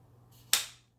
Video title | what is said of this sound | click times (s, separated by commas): Trimaco EZ-UP dust containment poles are built tough | it slides really easily and locks in | 0.5 s